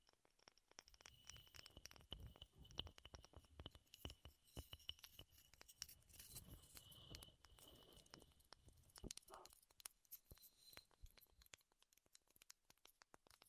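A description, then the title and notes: Wood triggers: a dense run of quick taps and clicks on wood, irregular and crisp, with a bright, sharp edge to each hit. Tapping is busiest through the first ten seconds, then thins into scattered knocks. A faint high whine runs steadily underneath. ASMR Wood Triggers in Your Ears (No Talking).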